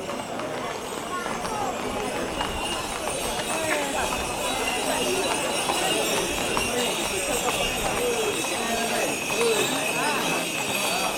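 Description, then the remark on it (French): Horses' hooves clip-clop steadily on the Corso Repubblica ahead of a procession, a continuous patter of overlapping hoofbeats beneath a busy murmur of crowd voices and general outdoor bustle. “Le lendemain, dans l'après-midi, on avait vu de plus en plus de chevaux et de moins en moins de voitures sur le Corso Repubblica où allait se tenir la procession.”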